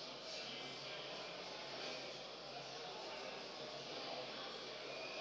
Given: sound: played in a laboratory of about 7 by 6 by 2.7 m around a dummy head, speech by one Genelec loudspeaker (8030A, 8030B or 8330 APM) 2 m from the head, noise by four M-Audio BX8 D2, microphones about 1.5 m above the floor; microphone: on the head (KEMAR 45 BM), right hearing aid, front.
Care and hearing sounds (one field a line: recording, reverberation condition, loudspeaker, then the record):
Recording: cafeteria noise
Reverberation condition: high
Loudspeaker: four, about 170 cm from the corners of the room and facing them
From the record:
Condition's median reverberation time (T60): about 1300 ms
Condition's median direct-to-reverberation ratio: about -4.0 dB